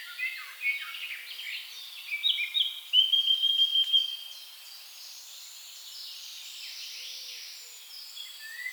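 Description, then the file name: Eurasian blackcap song: a scratchy warble building to a brief run of clear whistled notes, then quieter. "Sylvia atricapilla"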